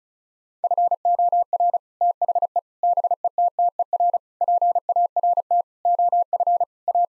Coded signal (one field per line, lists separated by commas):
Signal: Morse code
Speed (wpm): 36 wpm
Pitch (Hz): 700 Hz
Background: none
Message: FOR THE BETTER PART OF A